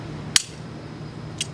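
A supplied torque wrench tightens the screw holding an adjustable TaylorMade R9 golf driver head onto its shaft. It gives a loud, sharp snap at its set torque at 0.4 seconds, then a fainter click at 1.4 seconds. The snap means the head is seated and the club is ready to hit.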